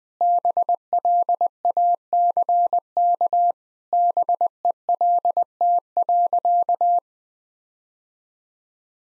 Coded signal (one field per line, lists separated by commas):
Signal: Morse code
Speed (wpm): 21 wpm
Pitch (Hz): 700 Hz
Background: none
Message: BLACK BELT.